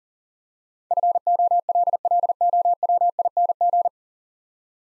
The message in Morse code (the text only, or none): FOLLOWING